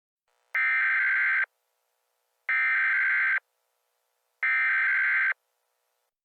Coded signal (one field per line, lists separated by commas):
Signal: Emergency Alert System (SAME) tones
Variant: header bursts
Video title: EAS Scenario: An Explosive Hell